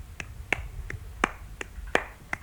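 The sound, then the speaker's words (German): Sharp hand claps in a steady, bouncy rhythm demonstrating the dance-like pulse of classical music, alternating a heavier accented clap with a lighter one, about eight claps in all with no voices. “Ein schwerer und ein leichter Klatscher, also etwas Tänzerisches, etwas Federndes.”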